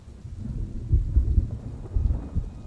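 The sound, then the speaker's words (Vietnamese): Steady rain hisses beneath deep, rolling thunder that swells in low rumbling surges, with no voices present. “Nhưng rồi tiếng mưa, tiếng sét ầm ầm át luôn cả tiếng của tôi.”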